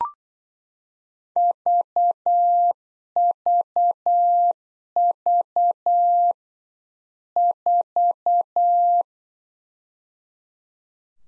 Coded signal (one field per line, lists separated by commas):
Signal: Morse code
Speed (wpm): 8 wpm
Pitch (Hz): 700 Hz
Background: none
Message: VVV 4